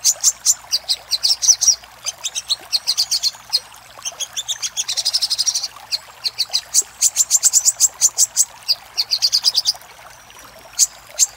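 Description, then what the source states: Little spiderhunter giving high, rapid chip series in several bursts, some running into quick trills, separated by short pauses. Master audio for training cage birds; labaik style.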